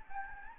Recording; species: mosquito wingbeat signal from an infrared sensor; Anopheles gambiae